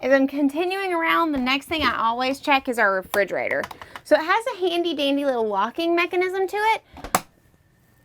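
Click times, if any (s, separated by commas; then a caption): 7.1 s. Someone talks while closing an RV refrigerator door and engaging the small locking latch on the fridge cabinet to secure it for travel. A sharp snap is heard at 7.2 seconds as the latch clicks shut, and the door is locked.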